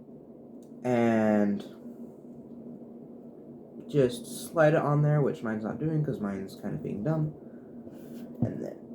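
Someone talks while trying to slide a new plastic shock cap onto an RC car shock body, and it is not sliding on easily. Faint handling sounds are heard between the words, with a brief soft tap at 7.9 s. Nothing has seated or clicked yet.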